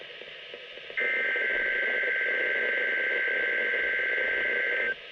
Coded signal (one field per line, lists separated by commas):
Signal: Emergency Alert System (SAME) tones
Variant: header bursts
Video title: Required Weekly Test (EAS 105)